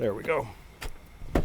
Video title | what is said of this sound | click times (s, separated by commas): BMW Headlight Replacement and Angel Eyes Upgrade, Part 2 of 2 | And it snaps into place. | 1.4 s